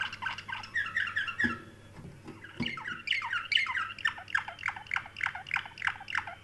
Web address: sounds canary canary-sound